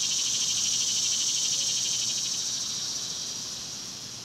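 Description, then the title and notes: Cicadas buzz in a steady, shrill, finely pulsing drone that slowly fades toward the end. Several cicadas recorded outdoors at dusk. "Ext Cicadas, Dusk by Bandeto"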